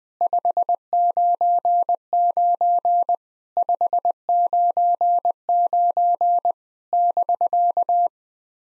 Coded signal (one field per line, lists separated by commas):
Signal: Morse code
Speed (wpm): 20 wpm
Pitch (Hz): 700 Hz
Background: none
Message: 599 599 <BK>